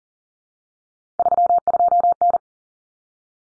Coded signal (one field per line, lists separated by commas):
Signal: Morse code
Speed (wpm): 40 wpm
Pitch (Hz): 700 Hz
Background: none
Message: 32N